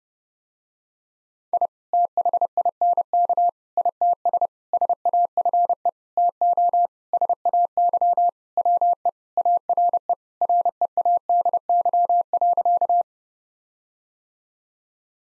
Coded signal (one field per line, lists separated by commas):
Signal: Morse code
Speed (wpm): 32 wpm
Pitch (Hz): 700 Hz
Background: none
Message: I THINK ITS SAFE TO SAY WE ARE READY.